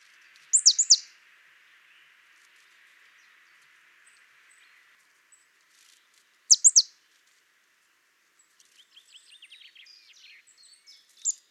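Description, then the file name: Marsh tit calls: quick clusters of sharp, very high, downslurred notes given twice, then softer high twittering near the end, over a faint steady hiss early on. "Poecile palustris"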